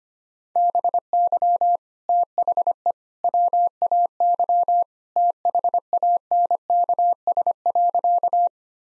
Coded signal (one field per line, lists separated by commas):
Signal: Morse code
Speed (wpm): 25 wpm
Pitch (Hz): 700 Hz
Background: none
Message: BY THE WAY THANKS.